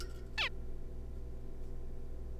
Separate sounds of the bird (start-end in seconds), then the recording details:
0.38-0.49. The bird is a juvenile. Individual R3549